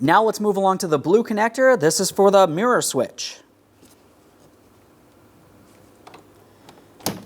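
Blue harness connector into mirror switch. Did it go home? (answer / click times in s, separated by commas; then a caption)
yes / 7.1 s. A blue plastic harness connector is pushed into the mirror switch on the door panel of a 2011-2026 Mitsubishi Outlander, which is held upside down. Someone talks for the first three seconds, and then there is quiet handling with a few faint ticks. A sharp click at 7.1 s shows the connector has seated and is secure.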